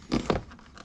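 After an oil change on an Audi Q7/Q8, a slightly bent and twisted plastic air duct is worked back toward its fitting in the engine bay. Short bursts of plastic handling noise come around 0.1 s and again near 0.3 s, with a sharp knock at 0.3 s. Nothing has seated or clicked yet.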